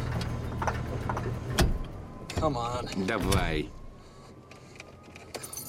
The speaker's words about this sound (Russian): Мужчина едет в машине, и он глохнет.